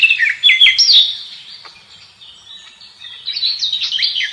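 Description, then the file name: Garden warbler with a short burst of loud warbled notes, a quieter stretch, then renewed rapid warbling at the end. "slavka sadovaja"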